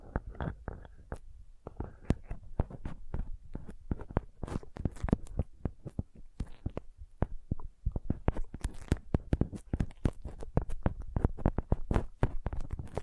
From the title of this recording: Sensitive Tapping